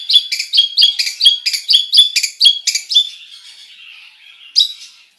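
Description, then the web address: Long-tailed shrike song: fast series of sharp chattering notes with whistled accents, tapering into softer twittering before one final loud burst. Full song with imitations, described as gacor. "cendet suara-cendet-gacor-full-isian"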